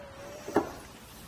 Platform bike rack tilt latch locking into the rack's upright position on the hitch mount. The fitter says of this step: now lifting this back up you'll hear a click letting us know it's locked back in